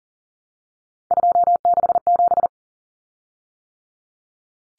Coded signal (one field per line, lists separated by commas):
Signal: Morse code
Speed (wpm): 40 wpm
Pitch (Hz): 700 Hz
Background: none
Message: 267